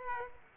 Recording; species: mosquito wingbeat signal from an infrared sensor; Aedes aegypti